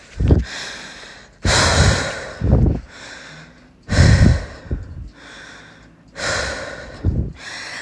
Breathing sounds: deep breathing after running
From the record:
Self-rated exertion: vigorous exertion (4 of 6); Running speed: 6 miles an hour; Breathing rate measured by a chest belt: 29 breaths a minute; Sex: female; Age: 18 years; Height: 171 cm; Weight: 75 kg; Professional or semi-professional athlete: no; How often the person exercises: 1 to 2 times a week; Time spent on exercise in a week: under 1 hour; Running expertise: no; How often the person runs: 1 to 2 times a week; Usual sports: running, fencing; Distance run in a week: 3 km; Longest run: 21.3 km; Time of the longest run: 190 minutes

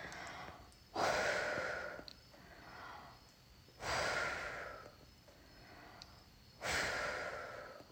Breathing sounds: deep breathing after running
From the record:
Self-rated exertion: moderate exertion (3 of 6); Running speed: 7 miles an hour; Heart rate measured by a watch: 128 beats a minute at the start, 125 at the end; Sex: female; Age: 28 years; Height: 155 cm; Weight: 44 kg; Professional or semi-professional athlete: no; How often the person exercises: 3 to 5 times a week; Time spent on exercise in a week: over 5 hours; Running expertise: yes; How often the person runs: 3 to 5 times a week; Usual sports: running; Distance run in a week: 45 km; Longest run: 32 km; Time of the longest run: 200 minutes

